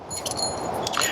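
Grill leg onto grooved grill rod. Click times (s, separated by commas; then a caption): 0.9 s, 1.0 s. The hooked metal leg of a UCO Grilliput Quattro compact campfire grill is pressed onto the third groove from the top of a grooved metal rod. Soft scraping and handling noise leads up to sharp metallic snaps at 0.9 s and 1.0 s as the leg hook snaps on. The leg is seated firmly on the rod.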